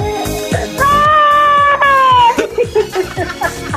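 A baby boy cries during a radio phone-in. He lets out a single sustained, high-pitched wail of about one and a half seconds that drops in pitch at the end. Shorter fussy whimpers come before and after it. Faint broadcast background sound is present.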